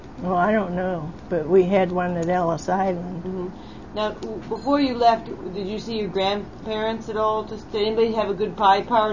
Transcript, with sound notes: Oh I don't know. But we had one at Ellis Island.
Mhmm. Now (ringing sound) before you left, did you see your grandparents at all, did anyone have a goodbye party?